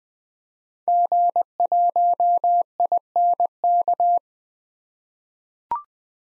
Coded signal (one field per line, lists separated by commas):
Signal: Morse code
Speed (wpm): 20 wpm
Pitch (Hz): 700 Hz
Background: none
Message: G1INK